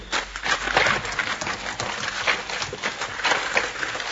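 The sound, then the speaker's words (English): A runaway horse's hooves clip-clop in a rapid, uneven run, a steady stream of sharp thuds over a rough, noisy background with no voices. “Looks like my horse ran away.”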